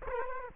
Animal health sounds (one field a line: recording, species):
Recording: mosquito wingbeat signal from an infrared sensor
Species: Culex quinquefasciatus